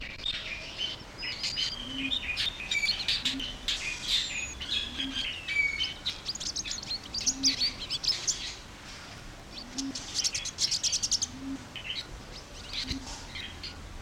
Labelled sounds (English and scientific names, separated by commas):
Pin-tailed Whydah (Vidua macroura)